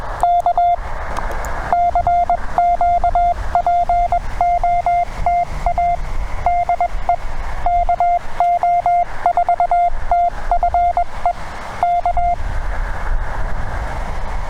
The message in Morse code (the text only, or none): K CQPOTA DE KO4TFE K